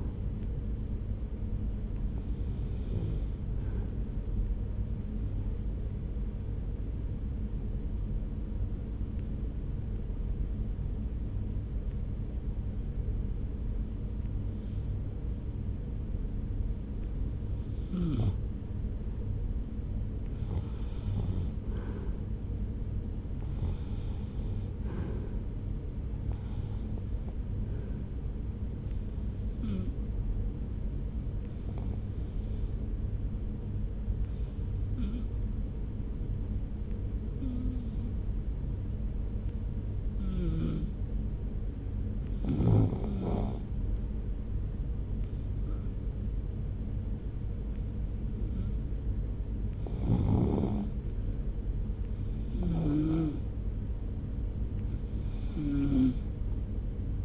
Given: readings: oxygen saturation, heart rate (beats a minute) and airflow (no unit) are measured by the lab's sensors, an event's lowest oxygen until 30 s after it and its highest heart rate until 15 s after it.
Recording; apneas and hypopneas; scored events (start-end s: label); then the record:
breathing in sleep by a smartphone at the bedside; 2
5.00-22.40 s: hypopnea (REM, oxygen 95% highest, then 82% lowest)
35.00-49.60 s: hypopnea (REM, oxygen 89% highest, then 80% lowest)
From the record:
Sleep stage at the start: REM sleep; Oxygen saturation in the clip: 79 to 95%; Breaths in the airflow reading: 20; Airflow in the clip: -1.3 to 1.0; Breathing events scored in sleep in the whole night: 335 in 6.7 hours asleep